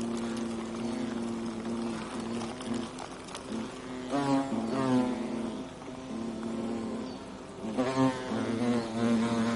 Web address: european hornet